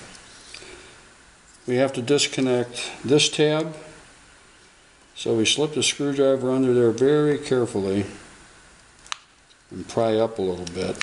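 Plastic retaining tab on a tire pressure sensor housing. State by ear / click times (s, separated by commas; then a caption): released / 9.1 s. A small screwdriver is slipped under a plastic retaining tab on a tire pressure sensor housing and pried up until the tab disengages, with a sharp click at 9.1 seconds as it releases. Someone talks before and after the click.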